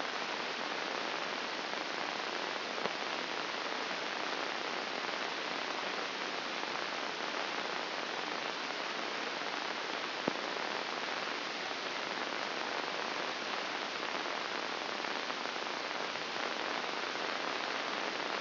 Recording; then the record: brain microelectrode recording played as sound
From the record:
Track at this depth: inside the subthalamic nucleus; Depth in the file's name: 6.261 mm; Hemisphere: left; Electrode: 2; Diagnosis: Parkinson's disease